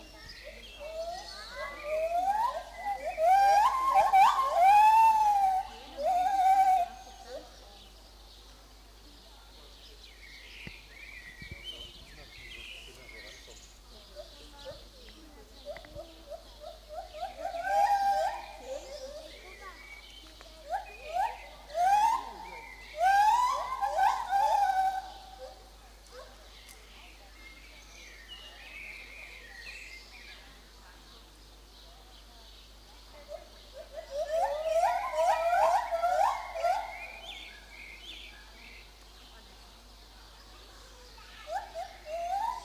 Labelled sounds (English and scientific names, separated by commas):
Lar Gibbon (Hylobates lar)